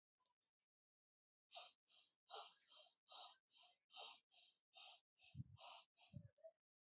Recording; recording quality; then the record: shallow breathing; excellent, no background noise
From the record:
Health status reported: exposed to COVID-19, no respiratory illness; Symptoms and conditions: none ticked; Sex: male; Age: 32 years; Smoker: not ticked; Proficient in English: yes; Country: India